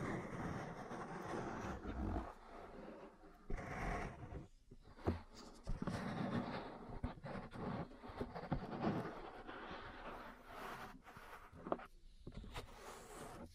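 Ear cleaning and massage sounds fill the clip with dense, rustling scratches and muffled rubbing, mostly low and warm. Sharp taps and pops break through irregularly, with brief near-silent gaps around 4.5 and 12 seconds. Faint voice-like murmurs sit underneath.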